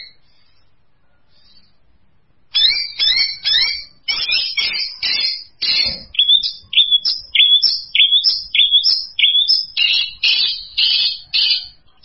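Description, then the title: Long-tailed shrike song begins after a quiet start: quick repeated high chirps and slurred whistles, continuing steadily to the end. Champion singing bird. "Kicau Burung Cendet Juara"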